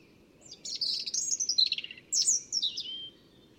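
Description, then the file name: European robin song, two bursts of thin, sparkling notes that cascade downward, the second ending in a soft falling whistle. "Erithacus rubecula"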